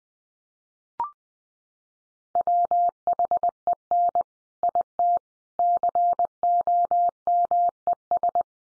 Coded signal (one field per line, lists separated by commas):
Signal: Morse code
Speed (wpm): 20 wpm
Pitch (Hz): 700 Hz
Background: none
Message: WHEN IT COMES